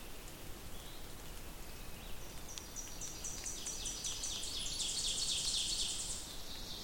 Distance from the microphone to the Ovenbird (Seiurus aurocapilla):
about 50 m